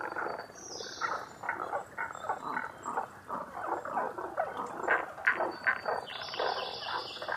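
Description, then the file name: Tago's brown frog calls, a busy mass of short croaking pulses, with a thin whistled note early and a longer high whistle toward the end. Recorded 11 June 2010 at 18:05. "tagogaeru 20100611-1805"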